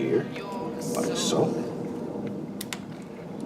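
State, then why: Seated. Someone talks while a CPU power cable plug is pushed into the CPU power header on a motherboard. Two sharp clicks from the retention latch are heard at 2.6 s and 2.7 s. The connector is seated.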